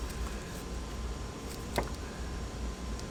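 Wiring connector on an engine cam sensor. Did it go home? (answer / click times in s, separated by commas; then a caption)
no / none. A plastic wiring connector is handled over a cam sensor on a Cadillac ATS-V engine, ahead of being pushed down to latch, with a low steady background hum and one brief sharp handling tap near 1.8 s. The connector has not latched, and nothing has seated or clicked yet.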